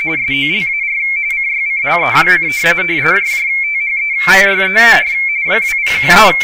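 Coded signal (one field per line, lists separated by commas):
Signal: RTTY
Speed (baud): 45.45 baud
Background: speech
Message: SOLAR CYCLE: THE YEAR 2013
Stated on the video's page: Radioteletype printed by MMTTY and analyzed by HamScope.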